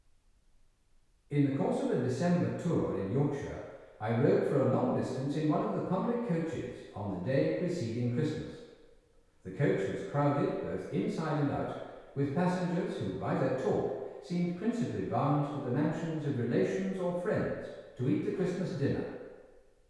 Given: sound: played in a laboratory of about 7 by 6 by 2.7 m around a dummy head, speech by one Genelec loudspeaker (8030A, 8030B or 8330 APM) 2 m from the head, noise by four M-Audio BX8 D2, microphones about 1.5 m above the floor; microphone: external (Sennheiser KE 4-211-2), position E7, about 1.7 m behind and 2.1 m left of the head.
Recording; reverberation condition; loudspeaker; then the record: male speech in English; high; 60 degrees to the left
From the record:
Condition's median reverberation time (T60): about 1300 ms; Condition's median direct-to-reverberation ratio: about -4.0 dB